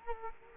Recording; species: mosquito wingbeat signal from an infrared sensor; Culex quinquefasciatus